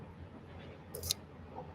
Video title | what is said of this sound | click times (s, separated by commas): Moss Side Note Unboxing + Q&A | compared to before and when you snap it all open it snaps in you can hear that nice click I'll play I'll do it | 1.0 s, 1.1 s